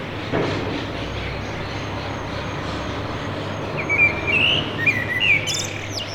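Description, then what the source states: Common blackbird singing over steady traffic rumble: a few short notes followed by a high, thin twittering flourish. Heard from a balcony during Covid-19 confinement, singing to defend its territory.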